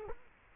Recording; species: mosquito wingbeat signal from an infrared sensor; Culex quinquefasciatus